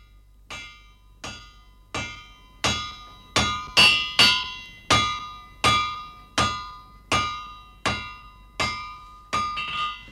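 A blacksmith hammers steadily on metal, about a dozen loud, ringing clangs at an even pace, a few landing as quick doubles, with the bright metallic ring fading between blows. No voices.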